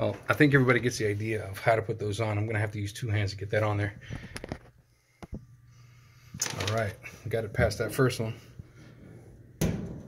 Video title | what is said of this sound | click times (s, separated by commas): Whirlpool dryer belt change | And you could hear it click inside that second notch. | 9.6 s